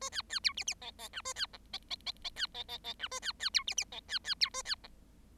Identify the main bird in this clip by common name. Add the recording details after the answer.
Bengalese Finch. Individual Bird7